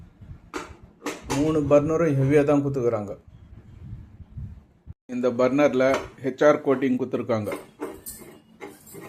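A burner is being fitted into the burner mount of a Butterfly three-burner glass-top gas stove, to be locked by pressing its clamp into the holes and turning it left. Someone talks throughout, with light handling sounds and a short sharp knock near 1.1 s. Nothing has seated or locked yet.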